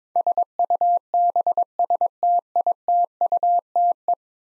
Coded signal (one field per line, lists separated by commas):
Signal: Morse code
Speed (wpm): 22 wpm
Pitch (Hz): 700 Hz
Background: none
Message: SUBSTITUTE